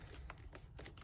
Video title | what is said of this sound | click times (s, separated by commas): How to Install Cardo Packtalk Pro on Arai Helmet (FULL Step-by-Step Guide) | Just don't want to pinch the wires. You're going to hear it actually click. So, | 0.3 s